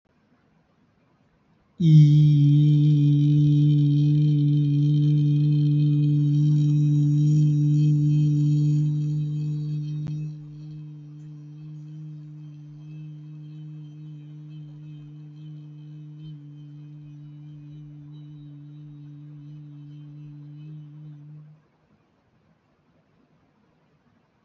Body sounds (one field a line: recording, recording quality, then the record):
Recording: sustained vowel as in beet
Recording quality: excellent, no background noise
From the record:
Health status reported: healthy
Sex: male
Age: 23 years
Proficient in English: yes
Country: India